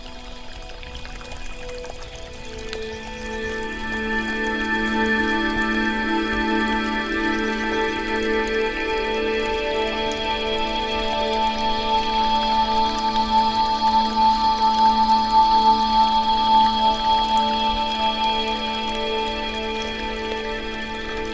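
Water trickles steadily through a bamboo fountain, a continuous flow with a ringing, tonal quality. The sound thickens slightly after the first few seconds and stays even, growing a little brighter toward the middle before settling, with no distinct splashes or pauses.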